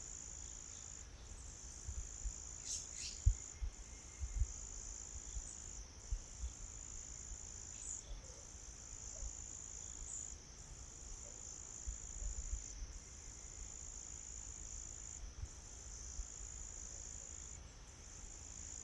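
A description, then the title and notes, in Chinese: Mountain forest ambience, carried by a steady, high-pitched drone of crickets or insects that dips briefly every second or two. Soft low thumps and rumbles come and go underneath, with a sharper knock just past three seconds and a brief chirp near the start. 懶山林環境音。早晨 0630。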